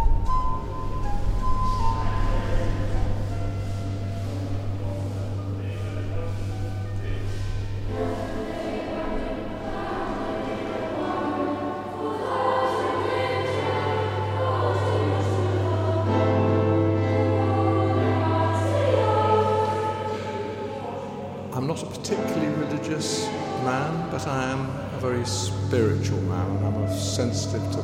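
Wells Cathedral soundscape of murmuring voices over a steady low hum, with sharp clinks and clatter breaking in after about twenty seconds.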